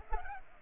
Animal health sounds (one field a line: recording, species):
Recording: mosquito wingbeat signal from an infrared sensor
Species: Culex pipiens